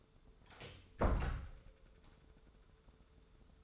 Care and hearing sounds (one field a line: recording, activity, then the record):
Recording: daily activity, microphone in the room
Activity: close door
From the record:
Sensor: 3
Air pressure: 1015.2 hPa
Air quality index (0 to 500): 180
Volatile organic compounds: 17 ppm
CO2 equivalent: 2574 ppm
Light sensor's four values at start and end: 16/40/16/17 and 16/40/16/17